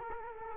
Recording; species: mosquito wingbeat signal from an infrared sensor; Culex quinquefasciatus